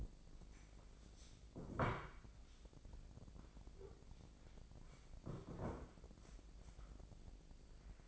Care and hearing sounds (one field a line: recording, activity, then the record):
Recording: daily activity, microphone in the room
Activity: sit down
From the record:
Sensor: 5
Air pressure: 1012.4 hPa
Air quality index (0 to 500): 148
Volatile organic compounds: 2 ppm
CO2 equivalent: 1020 ppm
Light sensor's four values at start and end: 255/610/260/286 and 265/636/271/299